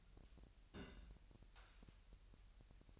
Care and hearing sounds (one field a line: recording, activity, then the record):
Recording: daily activity, microphone in the room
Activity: place on stove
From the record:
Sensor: 2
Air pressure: 1001.8 hPa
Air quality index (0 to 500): 247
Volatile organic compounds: 36 ppm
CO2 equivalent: 3074 ppm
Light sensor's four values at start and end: 5/11/4/5 and 5/11/4/5